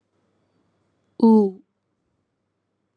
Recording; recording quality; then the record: sustained vowel as in boot; excellent, no background noise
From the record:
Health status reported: COVID-19 positive, moderate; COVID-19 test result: positive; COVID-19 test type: RT-PCR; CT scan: not taken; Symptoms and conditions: cough, cold, breathing difficulty, fever, muscle pain, loss of smell and taste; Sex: female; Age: 27 years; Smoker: no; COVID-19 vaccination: both doses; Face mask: not worn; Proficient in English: yes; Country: India